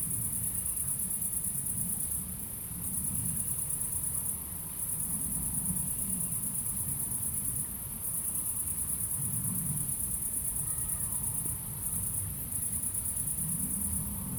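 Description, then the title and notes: Crickets trilling at a high pitch in a near-continuous chorus with several brief gaps, and a low rumbling of cars throughout. Crickets at night in Aveize, France, with a few cars in the distance; recorded with a DPA-2006c AB pair into a Mixpre-3. "69610 Aveize, France - Grillons - Crickets. Grillons la nuit, quelques voitures dans le lointain. Crickets at night, cars in the distance"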